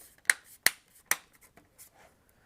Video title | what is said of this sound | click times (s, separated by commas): Live: Testing an HP Laptop with new Ryzen 5500U ! | i love when it clicks in it's very satisfying when you get that to click | 0.3 s, 0.7 s, 1.1 s